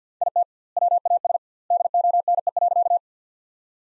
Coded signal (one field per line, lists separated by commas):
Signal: Morse code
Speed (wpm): 50 wpm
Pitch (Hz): 700 Hz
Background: none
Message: IT WAS DONE.